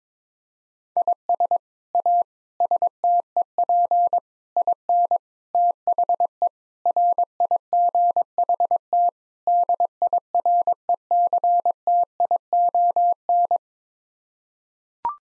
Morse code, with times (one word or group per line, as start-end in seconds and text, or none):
1.0-1.6 IS
1.9-2.2 A
2.6-4.2 STEP
4.6-5.2 IN
5.5-6.5 THE
6.9-9.1 RIGHT
9.5-13.6 DIRECTION